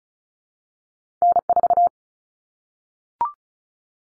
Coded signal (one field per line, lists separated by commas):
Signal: Morse code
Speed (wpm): 34 wpm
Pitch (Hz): 700 Hz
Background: none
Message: N4